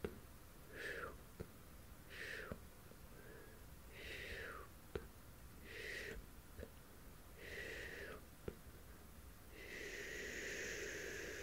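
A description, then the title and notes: Soft mouth sounds repeat about every two seconds, each a breathy puff with a hiss that slides downward, like a shushing exhale. Sharp little clicks fall between them, and near the end a longer, steadier hiss holds for a couple of seconds. ASMR PLUCKING NEGATIVE ENERGY, HAND MOVEMENTS AND MOUTH SOUNDS, PERSONAL ATTENTION, CAMERA TOUCHING.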